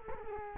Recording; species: mosquito wingbeat signal from an infrared sensor; Culex quinquefasciatus